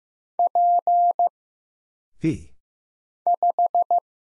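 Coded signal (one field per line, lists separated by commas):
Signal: Morse code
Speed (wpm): 15 wpm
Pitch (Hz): 700 Hz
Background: none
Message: P 5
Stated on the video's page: Single-character Morse drill at 15 wpm of letters, numbers, punctuation and prosigns for instant character recognition, each sent, spoken, then sent again.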